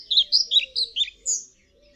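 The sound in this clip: European pied flycatcher giving a short phrase of five or six high, sweet notes, the last one a thinner, higher note, followed by quiet.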